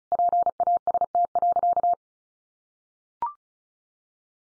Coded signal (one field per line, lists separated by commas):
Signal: Morse code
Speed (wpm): 34 wpm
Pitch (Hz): 700 Hz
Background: none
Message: PAST.